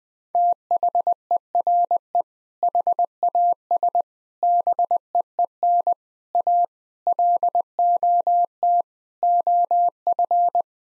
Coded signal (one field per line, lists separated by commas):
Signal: Morse code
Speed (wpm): 20 wpm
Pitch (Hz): 700 Hz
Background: none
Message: THERE HAS BEEN A LOT OF